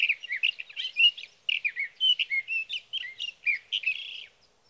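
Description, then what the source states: Sage thrasher song with rapid, fluid warbling phrases and whistled slurs. Male singing through the night near his night roost, evening June 12 to morning June 15, 2018, Sierra Valley, California; recorded on a Swift recorder.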